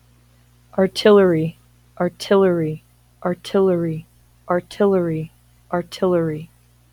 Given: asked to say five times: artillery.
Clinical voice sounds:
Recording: repeated word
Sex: female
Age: 30 to 39 years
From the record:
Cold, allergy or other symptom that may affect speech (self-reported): no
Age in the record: 33 years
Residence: Nevada, United States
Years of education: 16

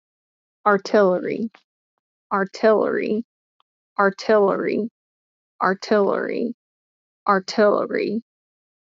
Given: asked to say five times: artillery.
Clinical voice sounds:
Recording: repeated word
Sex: female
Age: 30 to 39 years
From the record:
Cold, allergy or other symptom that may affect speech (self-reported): no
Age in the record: 39 years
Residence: Pennsylvania, United States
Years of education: 16

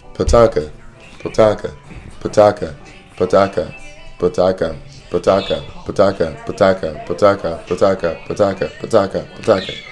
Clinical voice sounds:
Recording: repeated syllables /pa ta ka/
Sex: male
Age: 30 to 39 years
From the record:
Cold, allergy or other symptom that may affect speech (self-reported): no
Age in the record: 32 years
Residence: Virginia, United States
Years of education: 12

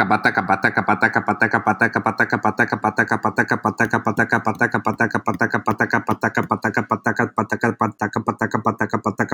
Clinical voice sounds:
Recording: repeated syllables /pa ta ka/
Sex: male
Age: 30 to 39 years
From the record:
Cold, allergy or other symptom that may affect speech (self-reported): no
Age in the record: 36 years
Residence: New York, United States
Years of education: 18

